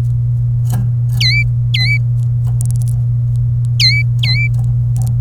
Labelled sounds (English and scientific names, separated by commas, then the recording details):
Domestic Canary (Serinus canaria) song
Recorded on 27 April 2018 at 12:27
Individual llb3